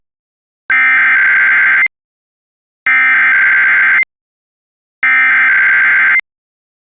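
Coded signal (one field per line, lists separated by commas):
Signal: Emergency Alert System (SAME) tones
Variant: header bursts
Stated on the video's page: Fictional EAS scenario.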